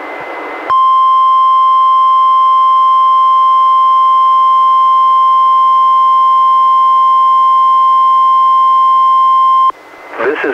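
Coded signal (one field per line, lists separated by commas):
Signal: Emergency Alert System (SAME) tones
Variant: 1050 Hz attention tone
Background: speech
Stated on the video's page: Required weekly tests relayed by a NOAA weather radio station, recorded from a weather radio receiver through an audio recorder.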